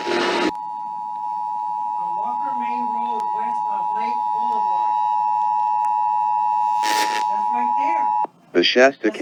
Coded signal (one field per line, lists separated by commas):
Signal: Emergency Alert System (SAME) tones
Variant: 853 and 960 Hz attention tone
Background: speech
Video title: Early Season Fire Warnings (EAS #2923-2927)